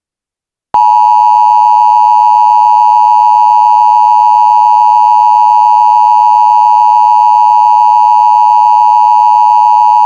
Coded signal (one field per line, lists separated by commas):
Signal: Emergency Alert System (SAME) tones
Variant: 853 and 960 Hz attention tone